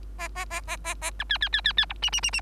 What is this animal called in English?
Bengalese Finch